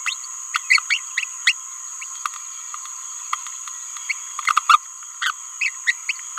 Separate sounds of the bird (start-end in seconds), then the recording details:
0.54-0.59, 0.69-0.78, 0.89-0.98, 1.46-1.53, 4.09-4.13, 4.56-4.60, 4.68-4.77, 5.22-5.32, 5.61-5.71, 5.87-5.94, 6.08-6.13. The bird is a female. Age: 26 days. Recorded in a nest box in Venezuela. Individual 17B31A3